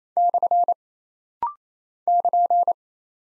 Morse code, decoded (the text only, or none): / <KN>